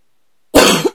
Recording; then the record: coughing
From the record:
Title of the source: 60 coughing still (deep and wet cough)